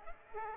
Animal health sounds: mosquito wingbeat signal from an infrared sensor; Aedes aegypti

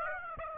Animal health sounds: mosquito wingbeat signal from an infrared sensor; Aedes aegypti

